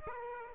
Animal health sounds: mosquito wingbeat signal from an infrared sensor; Aedes aegypti

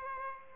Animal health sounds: mosquito wingbeat signal from an infrared sensor; Aedes albopictus

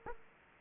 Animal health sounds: mosquito wingbeat signal from an infrared sensor; Aedes aegypti

